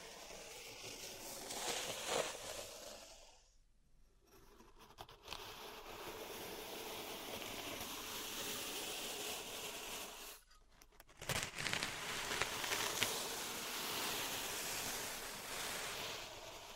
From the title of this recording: Pink Salt Zen Garden Triggers